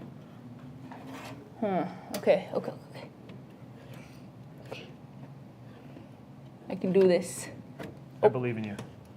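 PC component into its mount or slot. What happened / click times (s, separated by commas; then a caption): The part is being handled but has not clicked into place yet / none. Someone talks nervously while handling a PC component at its mount or slot, with a few brief handling sounds between the words. The part is not yet home, and nothing has seated or clicked yet.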